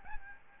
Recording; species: mosquito wingbeat signal from an infrared sensor; Aedes albopictus